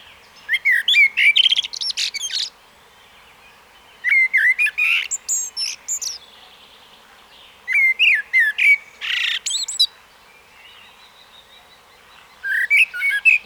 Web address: SETE data Turdus merula